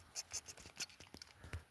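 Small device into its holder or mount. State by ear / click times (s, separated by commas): seated / 1.2 s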